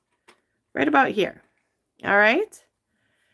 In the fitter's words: and and literally you're just going to find where it locks into place, which is